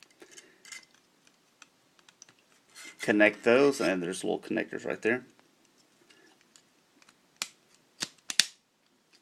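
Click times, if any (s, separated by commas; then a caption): 7.4 s, 8.4 s. Someone talks while the small plastic connector tabs on the leg sections of a Fansproject CA-04 Bombshell transforming robot figure are pressed into the adjoining leg section at the thigh, with faint handling ticks in the background. Sharp, loud plastic clicks follow at 7.4 s and 8.4 s as the connectors seat fully.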